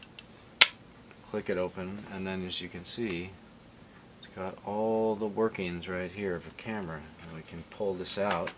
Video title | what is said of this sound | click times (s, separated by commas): Looking at stuff POPUP EPISODE! 2 | we pop it open click | 0.6 s